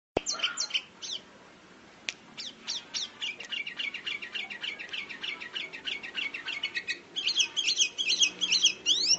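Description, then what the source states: Sooty-headed bulbul song: sharp chirps and brief trilled phrases, sparse at first, then a dense, busy stream. Singing persistently and energetically (gacor).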